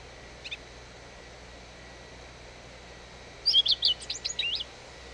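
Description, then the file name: Eurasian blackcap song: a faint pair of notes, a pause, then a short burst of quick, high chattering notes over steady background noise. "Sylvia atricapilla"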